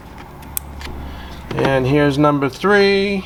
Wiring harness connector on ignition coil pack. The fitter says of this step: and you're going to put your connector back on each coil pack until you hear the click get that little click